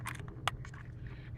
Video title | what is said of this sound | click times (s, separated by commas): RC Physics 24 - Spring Testing (Long Version) | go ahead and clip this guy in place okay | 0.5 s